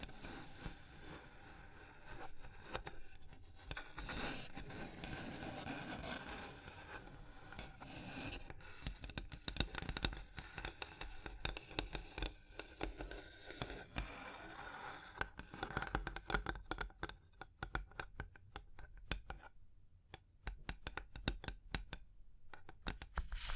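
Tapping, scratching and tracing on a surface, starting with a softer, denser rubbing texture through the first half. After about fifteen seconds it turns into quick, sharp taps in irregular bursts, with a brief quieter gap near twenty seconds before the tapping resumes.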